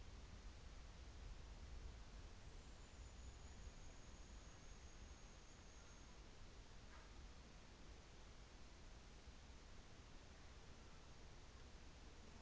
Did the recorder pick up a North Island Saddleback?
no